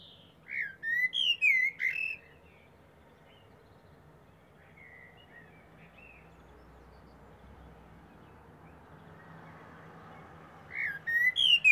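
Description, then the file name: Eurasian blackbird, two separate fluted song phrases with squeaky high endings, one at the start and one at the end, with a long quiet gap between. "Turdus merula"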